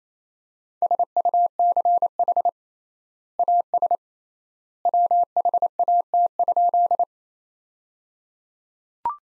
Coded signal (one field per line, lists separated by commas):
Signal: Morse code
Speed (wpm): 28 wpm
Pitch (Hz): 700 Hz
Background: none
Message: SUCH AS WHAT?